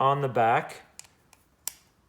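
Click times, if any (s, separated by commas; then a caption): 1.7 s. Someone talks as the stamped steel back plate of an RC4WD RC beadlock wheel is pushed onto the back of the wheel over its center hole. Faint ticks come at about 1.0 s and 1.3 s. A sharp metallic click at 1.7 s marks the plate seating onto the center hub.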